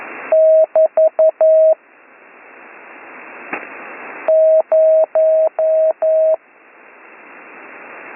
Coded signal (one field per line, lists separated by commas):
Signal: Morse code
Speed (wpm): 11 wpm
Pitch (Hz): 640 Hz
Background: none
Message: <BT> 0